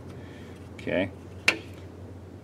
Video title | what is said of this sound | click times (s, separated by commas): 2018 Mercedes-Benz Sprinter Transmission Filter Change And Flush | you can kind of hear it snap on it snaps back off so if you're going to check the fluid time and time again | 1.5 s